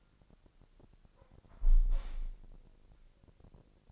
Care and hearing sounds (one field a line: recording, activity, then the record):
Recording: daily activity, microphone in the room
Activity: close window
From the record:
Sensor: 5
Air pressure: 999.9 hPa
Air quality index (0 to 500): 245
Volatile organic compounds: 33 ppm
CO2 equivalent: 3012 ppm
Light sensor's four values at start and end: 34/80/32/31 and 34/80/32/31